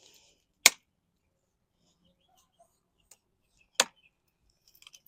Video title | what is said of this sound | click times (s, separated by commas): TernX Travel Stroller Unboxing & First Impressions - Compact, Stylish & Ready for Adventure! | You can easily hear how those click into place. | 0.7 s, 3.8 s